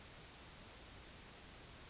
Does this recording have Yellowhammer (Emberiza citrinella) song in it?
no